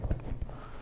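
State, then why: Not seated. The removable rider backrest of a Saddlemen Heated Road Sofa motorcycle touring seat is handled as it is pushed back toward its seat mount after being taken out. Short, low handling thumps come near the start, around 0.0–0.1 s, with softer knocks around 0.3 s and 0.4 s. Nothing has seated or clicked into place yet.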